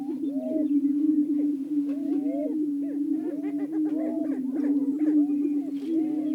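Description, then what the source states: Greater prairie-chickens booming in a low continuous drone, with frequent looping whoops and chattering cackles layered over it. Several greater prairie-chickens calling.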